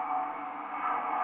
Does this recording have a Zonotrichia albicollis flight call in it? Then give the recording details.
no. No flight call is heard. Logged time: 22:53 on 14 December 2014